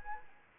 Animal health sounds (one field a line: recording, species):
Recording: mosquito wingbeat signal from an infrared sensor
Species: Anopheles arabiensis